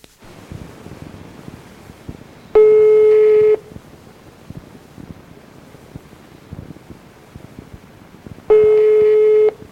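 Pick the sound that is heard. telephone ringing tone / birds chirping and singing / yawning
telephone ringing tone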